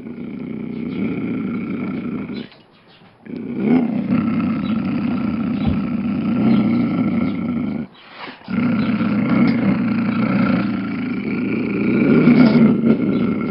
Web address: Bobby Cole Mountain-Lion-Growl